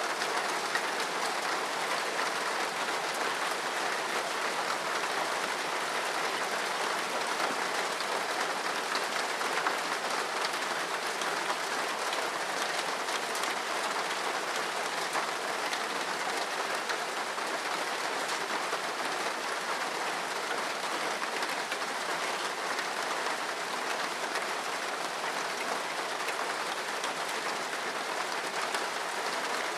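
Raindrops patter on a rooftop in a dense, even hiss that holds steady for the whole stretch. The sound is bright, made of countless tiny taps with no pauses or swells, and little in the way of low rumble underneath.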